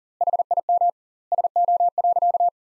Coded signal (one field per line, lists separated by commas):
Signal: Morse code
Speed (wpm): 40 wpm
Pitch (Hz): 700 Hz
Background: none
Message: HIM SO.